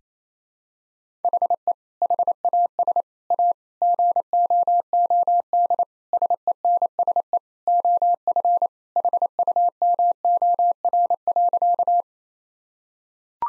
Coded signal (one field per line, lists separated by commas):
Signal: Morse code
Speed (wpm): 28 wpm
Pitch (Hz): 700 Hz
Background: none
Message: HE HAS A GOOD SENSE OF HUMOR.